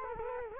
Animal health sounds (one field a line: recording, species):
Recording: mosquito wingbeat signal from an infrared sensor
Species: Culex quinquefasciatus